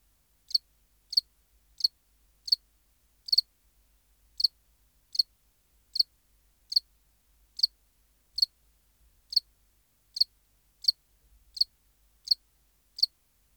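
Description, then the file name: House cricket giving a steady series of many short, high chirps, each under a second apart, with nothing else audible. "Acheta domesticus"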